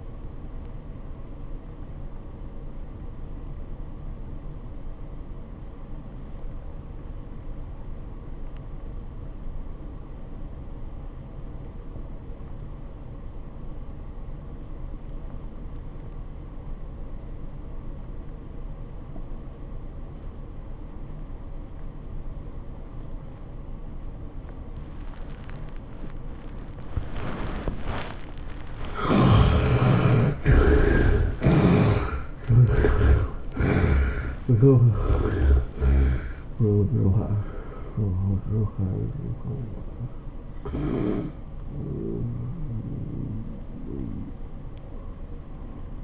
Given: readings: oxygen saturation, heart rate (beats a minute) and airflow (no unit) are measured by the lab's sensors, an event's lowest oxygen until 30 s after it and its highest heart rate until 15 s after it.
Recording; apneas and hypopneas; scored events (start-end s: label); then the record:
breathing in sleep by a smartphone at the bedside; 1
6.00-29.90 s: obstructive apnea (N2, oxygen 97% highest, then 68% lowest, heart rate 84 at the start, 103 highest)
6.00-36.00 s: new sleep stage, N2 (light sleep)
36.00-46.03 s: new sleep stage, N1 (lightest sleep)
From the record:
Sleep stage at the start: N1 (lightest sleep); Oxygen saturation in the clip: 70 to 97%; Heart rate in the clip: 64 to 103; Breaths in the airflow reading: 4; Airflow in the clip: -14.3 to 11.2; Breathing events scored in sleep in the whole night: 403 in 5.5 hours asleep